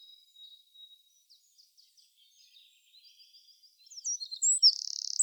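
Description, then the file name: Eurasian wren song: scattered faint high ticks and short twitters, then a loud, fast, buzzy trill bursting in during the last second. "Troglodytes troglodytes"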